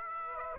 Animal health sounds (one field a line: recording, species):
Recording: mosquito wingbeat signal from an infrared sensor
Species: Aedes aegypti